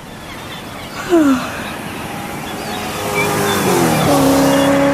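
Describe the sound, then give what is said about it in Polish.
A car engine grows steadily louder as the vehicle drives in, its rising revving tones swelling into a sustained, roaring hum with a brief sharp burst early on. “Co to było? Lato wjechało!”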